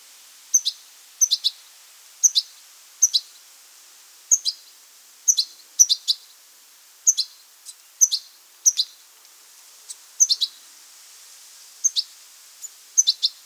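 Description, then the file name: European goldfinch giving a run of twittering calls, mostly paired or tripled notes, at irregular short intervals. "Carduelis carduelis"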